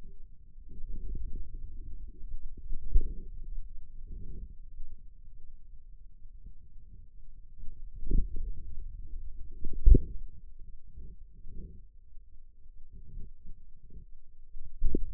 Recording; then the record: forearm muscle sounds (acoustic myography)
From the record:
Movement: inward rotation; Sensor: system 2, bracelet of six BSWA MPA416 microphones around the upper forearm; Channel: 1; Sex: male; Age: 22 years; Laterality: right